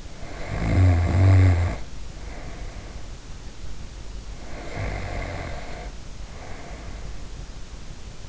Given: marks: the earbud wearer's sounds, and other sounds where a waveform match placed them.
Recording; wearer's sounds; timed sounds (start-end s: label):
sounds in sleep by an in-ear microphone; snoring breath
0.00-3.36 s: snoring breath
4.30-7.43 s: snoring breath